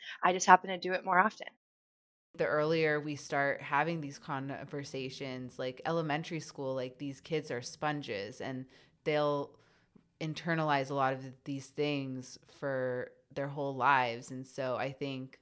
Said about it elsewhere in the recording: I don't know anybody that hasn't had a moment where they haven't stuttered. I just happen to do it more often.